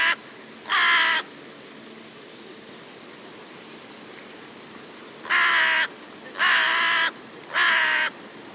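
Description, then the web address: Bird giving harsh, buzzy caws: the tail of one at the very start and another soon after, then after a long pause three more about a second apart near the end, with quiet hiss between. "cianscape. Deverinetal 2025. Bird Only"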